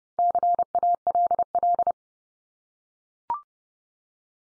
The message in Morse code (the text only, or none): CALL